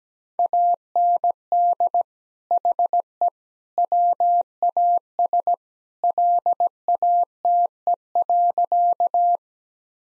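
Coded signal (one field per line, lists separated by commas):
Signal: Morse code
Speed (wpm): 17 wpm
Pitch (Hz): 700 Hz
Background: none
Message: AND HE WAS LATE.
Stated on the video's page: Morse practice at 17 wpm: sentences with common three-word phrases, first words spoken, each sentence sent, spoken, then sent again.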